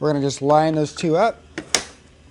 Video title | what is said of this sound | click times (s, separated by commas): Victory Platinum Mobility Scooter - Unboxing and Assembly | You'll hear it click in place. | 1.8 s